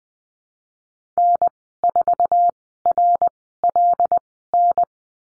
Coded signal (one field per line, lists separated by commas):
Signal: Morse code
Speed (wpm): 20 wpm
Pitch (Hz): 700 Hz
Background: none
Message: N4RLN